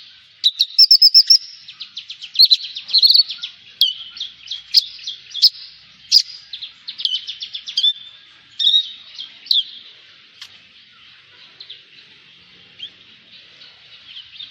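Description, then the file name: Javan bush lark song, a long run of high chirps, trills and short whistled phrases, varied and continuous, with quiet gaps near the end. "suara burung branjangan jawa"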